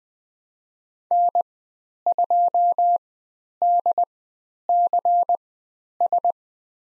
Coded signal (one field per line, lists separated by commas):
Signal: Morse code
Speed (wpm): 20 wpm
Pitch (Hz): 700 Hz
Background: none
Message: N2DCS